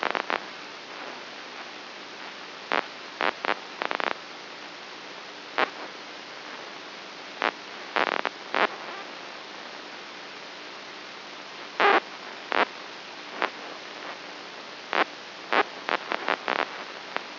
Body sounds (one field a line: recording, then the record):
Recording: brain microelectrode recording played as sound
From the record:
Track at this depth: inside the subthalamic nucleus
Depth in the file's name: 5.84 mm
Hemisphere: right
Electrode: 2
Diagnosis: Parkinson's disease